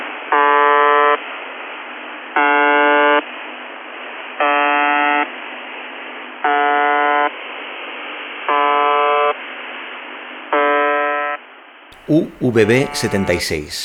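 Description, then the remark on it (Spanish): A harsh, droning shortwave radio buzzer tone from a station broadcasting since 1973 sounds six times in steady one-second bursts about two seconds apart over a bed of radio static, then a person starts talking. “UVB-76, también conocida como The Buzzer o el zumbador, porque hace, sí, hace pi, pi, pi, pi cada dos segundos”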